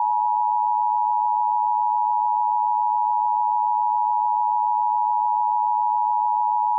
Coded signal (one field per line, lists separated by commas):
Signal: Emergency Alert System (SAME) tones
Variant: 853 and 960 Hz attention tone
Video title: EAS Classic: A Fat Guy Makes an Announcement at the EAS HQ